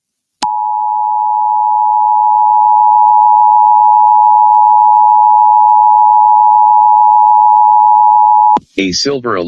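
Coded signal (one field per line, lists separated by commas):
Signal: Emergency Alert System (SAME) tones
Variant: 853 and 960 Hz attention tone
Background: speech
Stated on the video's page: EAS administrative message about a missing person, aired on KALT-FM.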